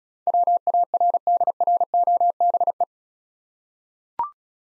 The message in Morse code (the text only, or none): WARDROBE